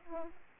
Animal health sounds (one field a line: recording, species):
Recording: mosquito wingbeat signal from an infrared sensor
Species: Aedes aegypti